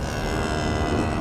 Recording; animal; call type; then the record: contact call of a hoofed animal; cattle; low-frequency (closed-mouth) or high-frequency (open-mouth) call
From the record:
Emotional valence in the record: negative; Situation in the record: physical separation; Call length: 1.21 s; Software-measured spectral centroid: 2140 Hz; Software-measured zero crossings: 1720 a second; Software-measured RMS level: -24 dBFS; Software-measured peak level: -11 dBFS